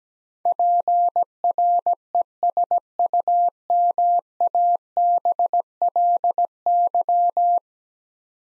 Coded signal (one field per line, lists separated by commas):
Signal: Morse code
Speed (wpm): 17 wpm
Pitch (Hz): 700 Hz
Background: none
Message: PRESUMABLY